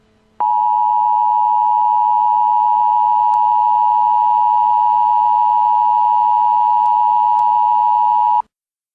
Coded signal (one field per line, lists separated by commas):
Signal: Emergency Alert System (SAME) tones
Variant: 853 and 960 Hz attention tone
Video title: Scary Talk Podcast - Episode 101: Emergency Alert Systems